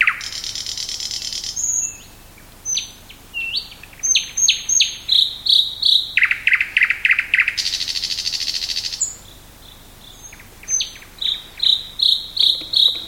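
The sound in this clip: Thrush nightingale singing a varied song of repeated sharp note series and buzzy rattles, with brief gaps between strophes.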